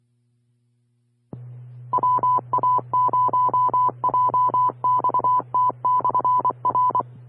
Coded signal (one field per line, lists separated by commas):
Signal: Morse code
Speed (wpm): 25 wpm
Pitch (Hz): 1000 Hz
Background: none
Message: WA0JXT/R